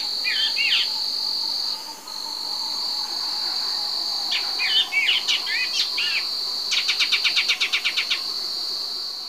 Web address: S America Eastern Lowlands Microbates cinereiventris, calls